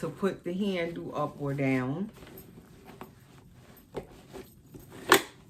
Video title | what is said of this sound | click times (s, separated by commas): BOX OPENING 🎁 GIFT & NAME REVEAL🩵🍼 | And they snap into place just like your real car seat. | 5.1 s